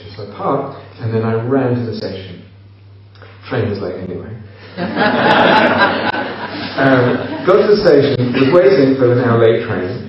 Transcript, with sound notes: So I parked, and then I ran to the station. Train was late anyway. [laughter] Go up to the station, waiting for the now-late train,